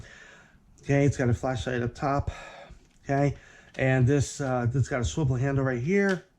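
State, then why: Not seated. Someone talks while handling the plastic swivel handle on a portable work light, a $5.99 Harbor Freight Tools WorkLite with a flashlight up top. The handle is handled but not yet home: nothing has snapped or seated into its detent position yet.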